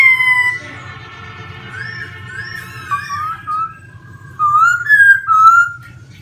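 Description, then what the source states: Laughingthrush song of rich whistled phrases, a falling whistle then wavering, rising notes, with a steady low hum underneath. Wild-type singing in the song style called 'giọng rừng' (forest voice).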